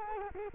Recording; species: mosquito wingbeat signal from an infrared sensor; Culex quinquefasciatus